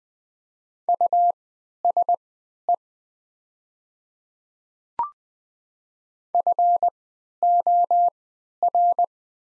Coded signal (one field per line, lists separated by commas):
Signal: Morse code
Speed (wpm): 20 wpm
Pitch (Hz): 700 Hz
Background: none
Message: USE FOR